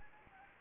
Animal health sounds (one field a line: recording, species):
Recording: mosquito wingbeat signal from an infrared sensor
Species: Anopheles arabiensis